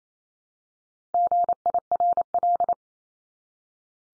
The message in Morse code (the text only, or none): GIRL